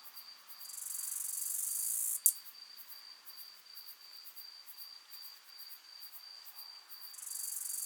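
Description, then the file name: Acrometopa servillea bush-cricket song: a sizzling high buzz ending in a sharp click, then several seconds of faint rapid chirping before a second buzz begins, with a constant whine behind. Subspecies italica, recorded at Alberobello, Puglia, Italy, on 9 July 2000 at 20 °C. "Acrometopa servillea italica 1 Alberobello Puglia IT 20000709 20 °C Odé"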